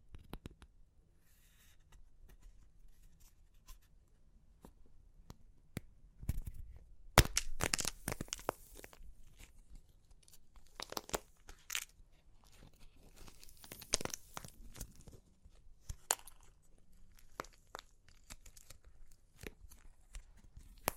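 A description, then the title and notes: Dry clay cracks and crunches in irregular bursts of sharp, crackly snaps, busiest around seven to eight seconds and fourteen seconds, with quiet gaps between. Super Crunchy Clay Cracking (No Talking).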